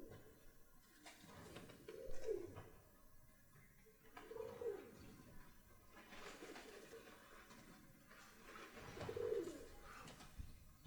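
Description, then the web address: Pigeon coos: three low, throaty, rolling phrases spaced a few seconds apart, over scuffling and rustling sounds. Pigeons in the roof of a barn. "pidgeons in roof of barn"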